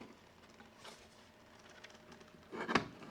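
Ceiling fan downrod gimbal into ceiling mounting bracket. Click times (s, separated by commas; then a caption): 2.8 s. The hanging ball (gimbal) on the downrod of a BOOSANT 72" solid wood ceiling fan is rotated on the metal ceiling mounting bracket until it catches. Faint ticks sound around 0.6 s and 1.9 s, then a sharp click at 2.8 s as the gimbal seats and locks into place.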